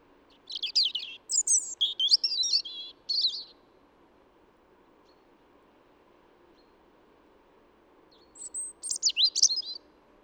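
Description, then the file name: European robin song, a rapid high twittering phrase of thin trills and warbles lasting about three seconds, then silence, then another short high phrase near the end. "Erithacus rubecula"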